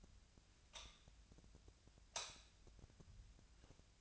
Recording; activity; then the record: daily activity, microphone in the room; light on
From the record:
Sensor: 2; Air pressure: 1009.7 hPa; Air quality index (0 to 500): 182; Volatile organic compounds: 11 ppm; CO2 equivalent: 2268 ppm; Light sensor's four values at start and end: 28/69/30/33 and 33/85/36/39